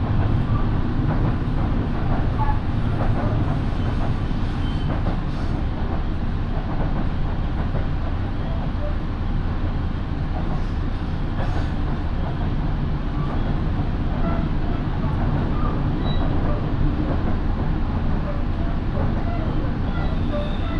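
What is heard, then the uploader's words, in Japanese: A ride aboard a Minobu Line local train between Shibakawa and Minobu, with a steady, dense low rumble of the carriage running throughout. Faint clicks and brief squeaks surface now and then, and muffled speech is occasionally heard beneath the constant roar. 身延線普通 芝川→身延。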